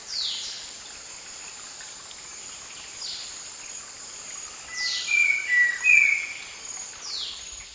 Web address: Natures Songs S America Eastern Lowlands. Habia rubica, song